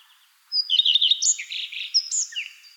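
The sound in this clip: Redstart song with a thin introductory note, a fast run of repeated chirps, then a varied high twittering tail with a brief slurred ending.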